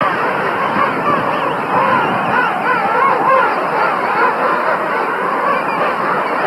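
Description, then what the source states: King penguin colony din: many overlapping harsh and wavering calls merge into a constant chorus, with occasional undulating trumpet notes rising above it. Breeding colony (rookery) of king penguins.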